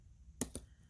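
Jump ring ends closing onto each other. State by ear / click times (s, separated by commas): not seated / none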